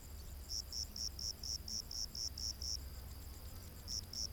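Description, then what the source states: Cricket giving rapid high chirps, pausing briefly before resuming, with a soft low hum beneath. Crickets recorded during the day.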